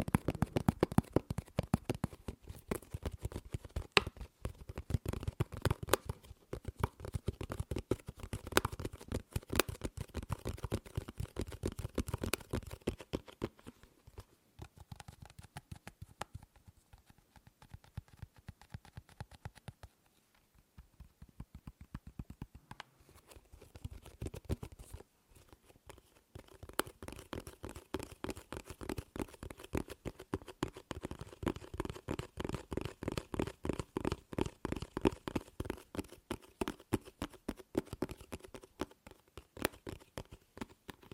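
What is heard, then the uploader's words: Tapping on objects in dense, rapid bursts of sharp clicks, full and weighty for the first stretch. Around 14–25 seconds the taps thin out, slow and soften with brief pauses, then a quick, steady patter returns with a hollower tone through to the end. ASMR Fast & Slow Tapping on 6 Objects No Talking.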